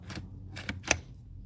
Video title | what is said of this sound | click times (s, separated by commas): UNBOX: Pronto Squared, Plus Pronto Tips/Tricks! | clicks right in and consequently this one is the other tire | 0.9 s